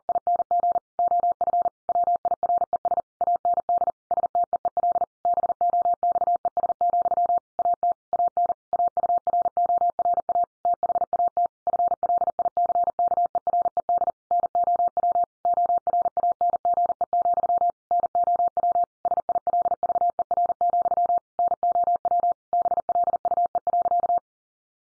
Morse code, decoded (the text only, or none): ING OF WIRES AND STEEL BOXES, AT AN AURORA THAT FLICKERED NOW ORANGE, NOW SILVER, NOW BLUE.